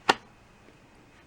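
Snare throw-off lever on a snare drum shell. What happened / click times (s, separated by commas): The lever snapped into its engaged position / 0.1 s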